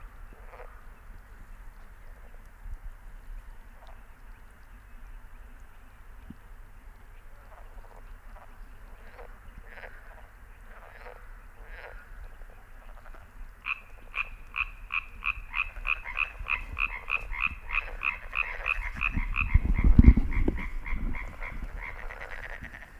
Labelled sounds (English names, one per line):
Common Tree Frog call